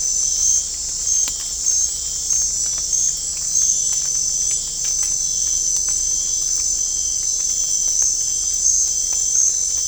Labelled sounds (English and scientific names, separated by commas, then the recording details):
none
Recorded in dense forest near Puerto Asís, Putumayo, Colombia, on 16 December 2024 at 19:30
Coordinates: 0.499, -76.324
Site G045